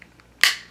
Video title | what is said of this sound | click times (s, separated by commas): McFarlane Toys DC Multiverse Nightwing Figure Review | you actually do you hear it click together when you do it as you can see | 0.4 s